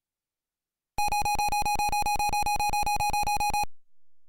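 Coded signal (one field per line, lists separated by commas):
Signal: none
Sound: a game's sound effects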